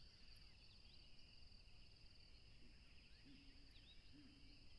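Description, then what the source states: Crickets chirping in steady bands with high trilling pulses, over a constant low rumble of engine noise and rushing background sound. Crickets by a tropical river, recorded with a plane passing.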